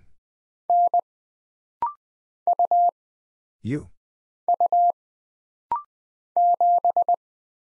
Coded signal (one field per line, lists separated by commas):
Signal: Morse code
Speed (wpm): 20 wpm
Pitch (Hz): 700 Hz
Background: none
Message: N U U 7